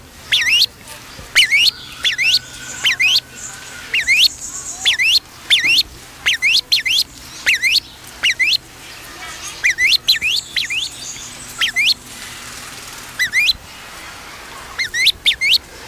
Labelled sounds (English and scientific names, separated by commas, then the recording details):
Grey-winged Trumpeter (Psophia crepitans) call
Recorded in captivity
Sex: pair
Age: adult
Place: Zoo Berlin, Berlin, DE
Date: 1999-08-23 16:47
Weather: cloudy, ca. 17-18°C
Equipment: Sony WM-D6C, Sennheiser ME 80, Kopie Uher 4000 Report Monitor
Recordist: Tembrock, Günter